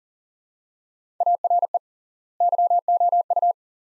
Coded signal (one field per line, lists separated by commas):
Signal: Morse code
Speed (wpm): 40 wpm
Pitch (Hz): 700 Hz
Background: none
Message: ARE YOU